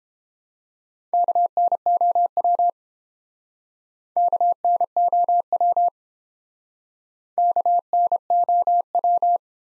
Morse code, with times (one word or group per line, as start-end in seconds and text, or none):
1.1-2.7 KNOW
4.2-5.9 KNOW
7.4-9.4 KNOW